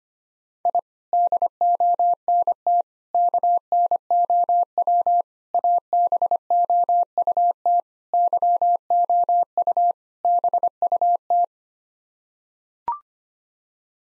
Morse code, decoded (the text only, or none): I DONT KNOW ABOUT YOU BUT